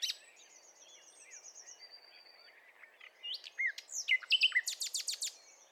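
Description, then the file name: Common nightingale song: quiet, high-pitched notes at first, then a louder burst of varied whistles and sharp repeated clicks near the end. "Luscinia megarhynchos"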